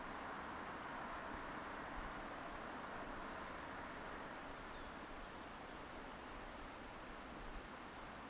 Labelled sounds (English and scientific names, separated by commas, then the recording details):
Eurasian Woodcock (Scolopax rusticola) whistle
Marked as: whistle, whistle, whistle, whistle
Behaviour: display flight
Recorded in Baden-Württemberg, Germany, on 30 May 2021 at 19:54 UTC
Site 43323, 910 m above sea level